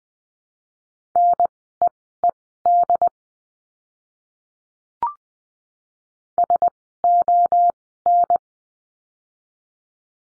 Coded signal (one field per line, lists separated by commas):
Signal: Morse code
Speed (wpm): 20 wpm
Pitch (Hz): 700 Hz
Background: none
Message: NEED SON